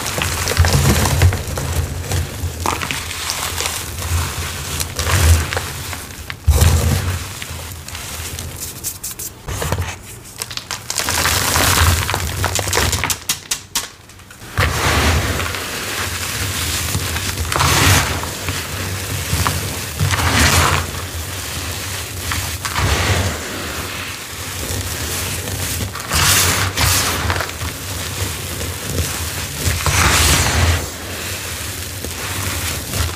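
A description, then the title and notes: Gritty crunching and crumbling of a cornstarch slab, with dense crackling bursts coming every second or two throughout. The crushing is bright and crisp, with a brief quieter pause around fourteen seconds before the steady crunching resumes. A faint low hum sits underneath. Gritty Crunchy Rose Slab. ASMR Cornstarch Crumble. Gritty, crunchy cornstarch crushing and crumbling asmr sounds.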